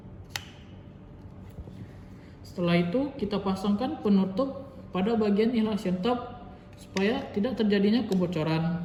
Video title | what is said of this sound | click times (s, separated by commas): NEBULIZER KOMPRESOR - Peralatan Terapi Inhalasi (Penghirupan) | paskan di bagian buffel dan diputar secara jarum jam sampai berbunyi klik. | 0.4 s